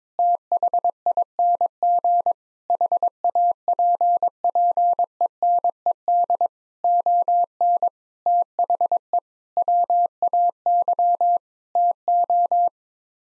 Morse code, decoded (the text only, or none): THING HAPPENED ON THE WAY TO